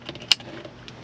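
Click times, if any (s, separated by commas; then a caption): 0.3 s. Two wiring harness connectors are pushed into the back of the shifter-area center console panel on a Toyota RAV4. After a few faint handling clicks, one sharp, loud click at 0.3 s shows the connectors seated.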